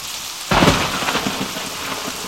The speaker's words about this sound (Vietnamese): Giữa tiếng sấm sét, có tiếng ầm ầm, không rõ là tiếng gì, đường xô về chúng tôi nghe như tiếng gió ngựa của cả một trung đoàn kỵ binh chạy tránh cơn giông.